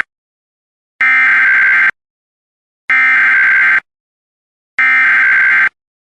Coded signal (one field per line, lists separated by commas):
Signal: Emergency Alert System (SAME) tones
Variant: header bursts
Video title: EAS Compilation of Only Civil (Non-Weather) Alerts Vol. 2